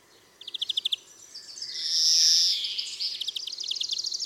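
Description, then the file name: European greenfinch giving a quick run of ticking trill notes, then one long drawn-out buzzy wheeze, followed by more rapid twittering trills. "Chloris chloris"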